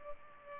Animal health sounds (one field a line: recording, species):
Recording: mosquito wingbeat signal from an infrared sensor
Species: Culex pipiens